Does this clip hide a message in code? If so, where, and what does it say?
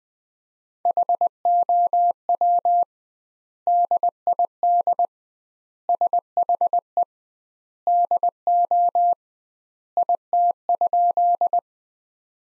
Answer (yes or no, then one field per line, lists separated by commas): yes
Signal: Morse code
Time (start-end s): 0.9-11.6 s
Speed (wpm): 20 wpm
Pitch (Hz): 700 Hz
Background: none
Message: HOW DID SHE DO IT?